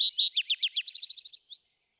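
Vesper sparrow song section: a run of fast, varied high twittering notes that settles into a tight trill and ends on a lone note.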